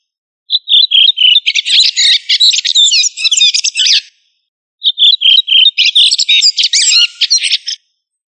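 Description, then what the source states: Thrush singing two phrases, each opening with a few descending whistled notes before breaking into dense, high, scratchy warbling, with a short silent pause between them. Thrush of the family Turdidae, called sabiá.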